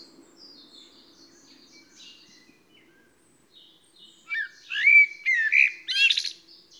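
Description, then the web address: Eurasian blackbird song: after faint high thin trills, a fluted warble runs into a squeaky, high twittering ending over about two seconds. "SETE data Turdus merula"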